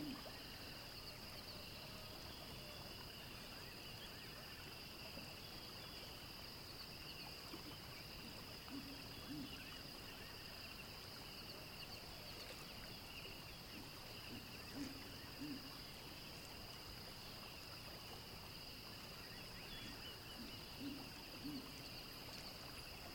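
Insects or birds hold two steady, bright, shrill tones throughout, over a constant low rumble like water moving past a boat. Soft, low hoot-like calls surface now and then, around nine, fifteen and twenty-one seconds, as if from animals in the water.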